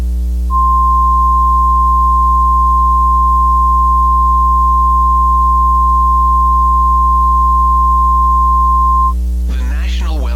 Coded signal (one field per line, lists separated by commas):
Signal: Emergency Alert System (SAME) tones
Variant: 1050 Hz attention tone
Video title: EAS Scenario: Tornado Alley Death Trap